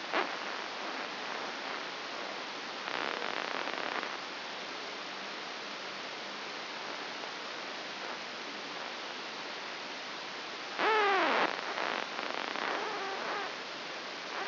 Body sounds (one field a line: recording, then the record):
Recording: brain microelectrode recording played as sound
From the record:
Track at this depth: outside the subthalamic nucleus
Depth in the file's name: 6.501 mm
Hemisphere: left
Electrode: 2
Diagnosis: Parkinson's disease